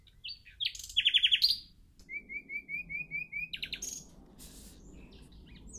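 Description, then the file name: Common nightingale song with a fast rattled burst, then a slower run of several thin repeated whistles, followed by scattered high chirps. "Luscinia megarhynchos"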